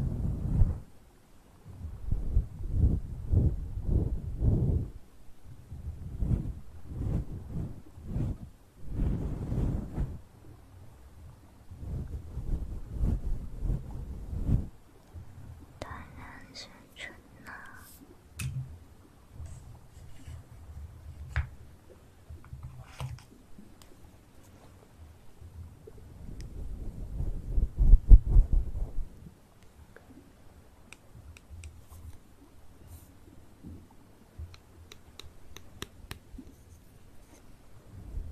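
Ear massage trigger sounds: soft, low rubbing strokes come in quick regular pulses for the first fifteen seconds, then give way to quieter scratchy rustling and light clicks. A louder burst of rubbing swells near twenty-eight seconds before settling into faint brushing.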